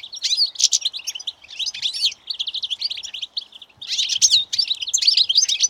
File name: Carduelis carduelis